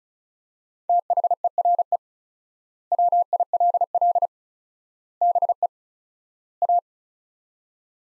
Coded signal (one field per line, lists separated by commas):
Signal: Morse code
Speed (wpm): 36 wpm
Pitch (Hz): 700 Hz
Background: none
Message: THERE WILL BE A